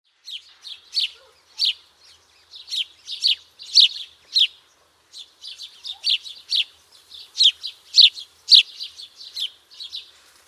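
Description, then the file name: House sparrow giving steady rows of sharp, bright chirps, about two per second, with only brief gaps. "Passer domesticus"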